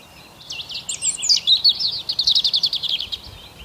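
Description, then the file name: Bird song: quick varied high chirps that run into a fast, even trill of repeated notes before stopping. Early spring morning. "Sounds Of Nature - Bird Song Early Spring Morning"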